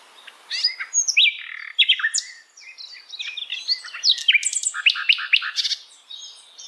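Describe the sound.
Bird song packed with quick chirps, bright whistled slurs and sharp twitters in short bursts.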